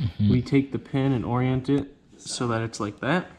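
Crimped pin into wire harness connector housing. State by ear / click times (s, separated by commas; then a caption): not seated / none. Someone talks while orienting a crimped wire pin to slide into the back of a latched wing wire-harness connector housing for a plane. The pin is only being handled here, and nothing has seated or clicked yet.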